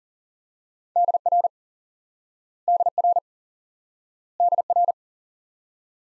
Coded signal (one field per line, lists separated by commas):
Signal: Morse code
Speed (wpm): 37 wpm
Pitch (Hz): 700 Hz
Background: none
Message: DR DR DR